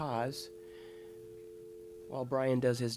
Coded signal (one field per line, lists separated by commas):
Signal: telephone call progress tone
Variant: North America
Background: speech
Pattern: dial tone